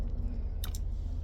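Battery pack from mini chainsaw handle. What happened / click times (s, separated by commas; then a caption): The battery release latch clicks open / 0.6 s. The battery pack of a Handwise 6-inch mini battery chainsaw is released from the handle by pressing the release catch down and pulling the pack forwards. A sharp click of the latch opening sounds at 0.6 s, with a second click at 0.8 s, over a steady low hum. The battery latch is released.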